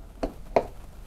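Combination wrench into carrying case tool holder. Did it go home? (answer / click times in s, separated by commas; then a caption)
no / none. The combination wrench from a Husqvarna 455 Rancher chainsaw is handled against the tool holder molded into its plastic carrying case, making two brief knocks at about 0.2 and 0.6 seconds, the second louder, over low background noise. Nothing has seated or clicked yet.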